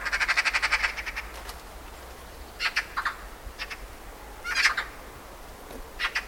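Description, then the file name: Eurasian magpie chatter: an opening rapid rattle of harsh clipped notes, followed by scattered short bursts of two or three chacks over steady background hiss. "Pica pica"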